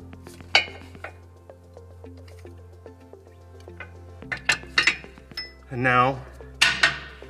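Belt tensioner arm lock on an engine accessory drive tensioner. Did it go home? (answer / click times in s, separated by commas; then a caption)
yes / 6.6 s. A technician rotates the spring-loaded arm of a Litens Easy Button belt tensioner on an engine accessory drive and engages its lock so it stays held back while the belt is routed. Under background music and while someone talks, a sharp click at 6.6 s marks the tensioner arm locking into place.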